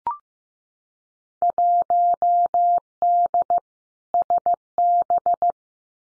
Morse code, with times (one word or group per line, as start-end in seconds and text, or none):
1.4-3.6 1D
4.1-5.5 SB